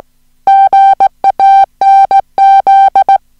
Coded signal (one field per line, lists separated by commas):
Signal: Morse code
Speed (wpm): 17 wpm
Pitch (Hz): 780 Hz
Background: music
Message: GANZ